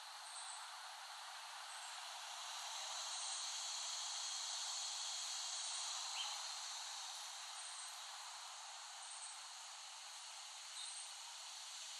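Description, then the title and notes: Cicadas filling the air with a continuous buzzing hiss that rises and falls gently, while short high notes repeat every second or two above the drone. Cicadas recorded by Dan Bodah in West Brighton, Staten Island, in late summer 2008. "Recording of cicadas made by Dan Bodah in West Brighton, Staten Island, late summer 2008."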